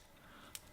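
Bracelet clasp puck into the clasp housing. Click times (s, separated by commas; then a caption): 0.5 s. A milled steel clasp on a watch bracelet is snapped shut, its puck locking into the clasp housing. After a faint background hum, one sharp, bright click is heard at 0.6 s, and the clasp is seated.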